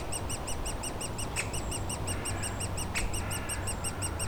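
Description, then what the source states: Woodpecker nestlings squeaking in a fast, even series of high chirps, with a constant low engine rumble underneath. Nestlings in a cavity at the foot of a dead tree trunk, squawking continuously; Bois Saint-Martin, Noisy-le-Grand, France, near Lognes aerodrome; light aircraft and airliners overhead; recorded with a DR-40X.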